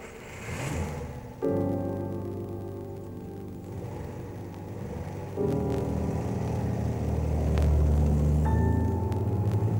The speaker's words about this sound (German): Nach langen Minuten wird im Hintergrund ein Auto angelassen, dann etwas näher, immer näher, bis der Verkehr fließt und schlimmer.